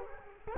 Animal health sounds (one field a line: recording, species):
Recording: mosquito wingbeat signal from an infrared sensor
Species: Culex quinquefasciatus